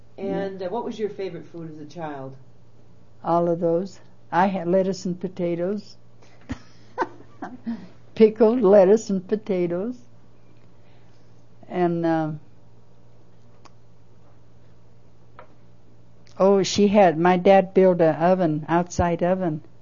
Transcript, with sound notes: And what was your favorite food as a child?
All of those. I had lettuce and potatoes - (laughs) pickled lettuce and potatoes. And - oh she had - my dad built a oven - outside oven.